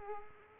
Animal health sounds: mosquito wingbeat signal from an infrared sensor; Culex quinquefasciatus

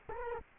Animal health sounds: mosquito wingbeat signal from an infrared sensor; Culex quinquefasciatus

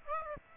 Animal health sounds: mosquito wingbeat signal from an infrared sensor; Aedes aegypti

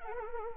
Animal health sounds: mosquito wingbeat signal from an infrared sensor; Anopheles arabiensis

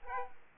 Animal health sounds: mosquito wingbeat signal from an infrared sensor; Aedes aegypti

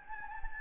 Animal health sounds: mosquito wingbeat signal from an infrared sensor; Anopheles gambiae

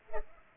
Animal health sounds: mosquito wingbeat signal from an infrared sensor; Culex pipiens

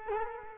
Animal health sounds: mosquito wingbeat signal from an infrared sensor; Culex quinquefasciatus

